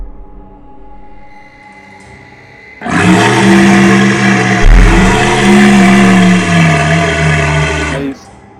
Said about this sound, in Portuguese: Vocês sentem uma leve vibração no chão. Vocês escutam um rugido.